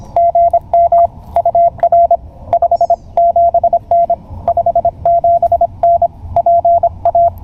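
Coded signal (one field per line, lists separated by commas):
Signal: Morse code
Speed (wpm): 26 wpm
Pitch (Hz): 690 Hz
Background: radio noise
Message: GM UR 57N 57N PA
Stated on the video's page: CW from a Parks on the Air activation: Penntek TR-45L, CW Morse double paddle, 30m end-fed half-wave antenna; QRP field station.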